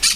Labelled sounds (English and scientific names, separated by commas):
Brown-throated Parakeet (Eupsittula pertinax) contact call